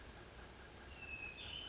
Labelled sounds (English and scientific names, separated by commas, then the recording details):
Hermit Thrush (Catharus guttatus)
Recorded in Sonoma County, California